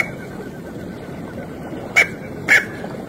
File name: Canto do merganso pequeno